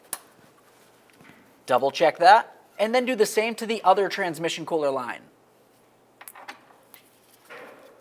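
A white plastic secondary locking clip is pushed onto the transmission cooler line fitting at the radiator of a 2005-2010 Dodge Dakota and snaps on with a sharp click at 0.1 s, seating it. Someone then talks, and a few faint light taps follow near the end.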